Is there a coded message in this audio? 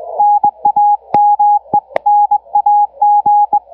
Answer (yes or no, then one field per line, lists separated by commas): yes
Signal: Morse code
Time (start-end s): 0.2-3.6 s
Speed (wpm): 21 wpm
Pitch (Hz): 830 Hz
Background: none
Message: NAME NAG